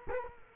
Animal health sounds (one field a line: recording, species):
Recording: mosquito wingbeat signal from an infrared sensor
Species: Culex quinquefasciatus